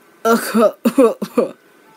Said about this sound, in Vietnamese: Âm thủ trí ho khan vài tiếng, lưng còng run lên cười nói.